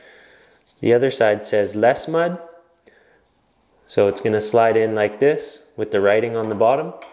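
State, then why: Not seated. Someone talks while holding the mud adjustment insert, with its "more mud" and "less mud" sides, and lines it up writing side down to slide it into the body of a handheld Tape Buddy drywall taping tool. A faint, brief handling sound occurs at about 2.8 s between stretches of talk. Nothing has seated or clicked yet.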